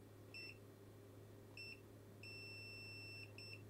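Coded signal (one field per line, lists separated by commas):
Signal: none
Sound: multimeter button beeps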